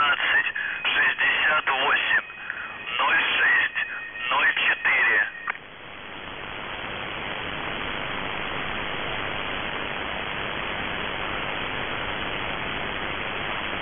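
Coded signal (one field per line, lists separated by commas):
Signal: numbers station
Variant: UVB-76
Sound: a voice speaking over a radio channel with faint steady tones, then plain hiss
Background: radio static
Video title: [UVB-76, The Buzzer] Voice Message; 16. April 2021, 08:07 UTC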